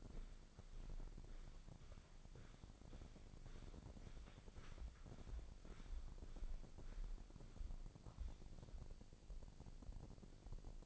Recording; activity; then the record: daily activity, microphone in the room; walk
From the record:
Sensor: 5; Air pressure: 1009.4 hPa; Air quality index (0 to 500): 144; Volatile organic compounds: 2 ppm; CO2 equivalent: 1117 ppm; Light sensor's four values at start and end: 309/730/316/352 and 309/730/315/352